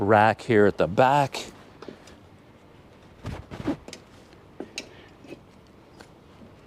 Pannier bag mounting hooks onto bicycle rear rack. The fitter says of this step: And just locks into place here.